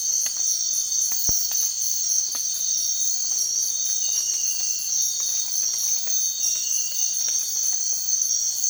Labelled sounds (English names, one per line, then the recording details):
none
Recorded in secondary vegetation near Puerto Asís, Putumayo, Colombia, on 12 March 2025 at 05:00
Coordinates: 0.499, -76.323
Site G094